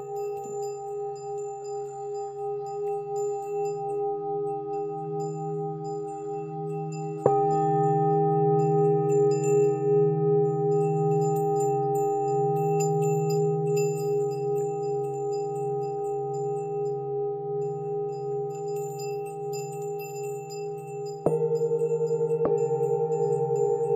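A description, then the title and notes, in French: Tibetan singing bowls ring with long, steady tones that hum and waver in a slow pulsing beat. A new bowl is struck around seven seconds and another near twenty-one, each strike adding a fresh louder layer over the sustained drone. Bols tibétains.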